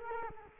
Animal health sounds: mosquito wingbeat signal from an infrared sensor; Culex quinquefasciatus

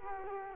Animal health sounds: mosquito wingbeat signal from an infrared sensor; Culex quinquefasciatus

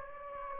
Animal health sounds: mosquito wingbeat signal from an infrared sensor; Anopheles gambiae

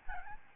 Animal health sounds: mosquito wingbeat signal from an infrared sensor; Aedes albopictus

